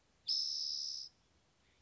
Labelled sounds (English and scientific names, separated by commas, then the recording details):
Spotted Towhee (Pipilo maculatus)
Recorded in Sonoma County, California